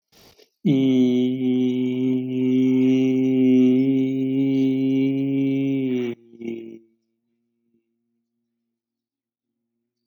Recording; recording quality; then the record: sustained vowel as in beet; excellent, no background noise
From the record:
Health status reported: healthy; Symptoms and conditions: none ticked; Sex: male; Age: 25 years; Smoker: yes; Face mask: not worn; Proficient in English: yes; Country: India